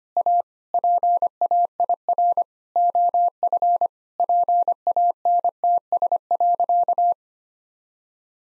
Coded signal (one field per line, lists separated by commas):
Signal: Morse code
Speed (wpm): 25 wpm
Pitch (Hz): 700 Hz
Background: none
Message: A PAIR OF PANTS.